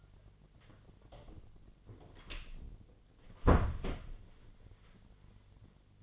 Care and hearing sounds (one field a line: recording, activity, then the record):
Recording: daily activity, microphone in the room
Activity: close door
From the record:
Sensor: 4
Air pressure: 1008.1 hPa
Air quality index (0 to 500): 184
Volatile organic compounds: 5 ppm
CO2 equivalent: 1834 ppm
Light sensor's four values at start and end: 23/72/27/26 and 24/75/28/28